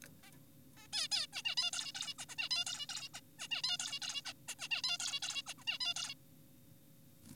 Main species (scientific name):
Taeniopygia guttata